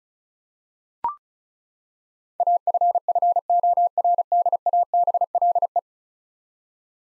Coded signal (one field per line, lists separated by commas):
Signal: Morse code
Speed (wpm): 36 wpm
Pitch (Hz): 700 Hz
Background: none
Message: AFFORDABLE